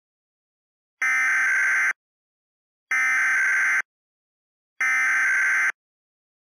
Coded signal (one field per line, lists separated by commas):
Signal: Emergency Alert System (SAME) tones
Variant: header bursts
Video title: Angry EAS - Craig is pissed off